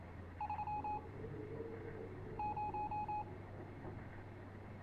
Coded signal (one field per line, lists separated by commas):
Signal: Morse code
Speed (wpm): 27 wpm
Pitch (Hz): 840 Hz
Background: none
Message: 30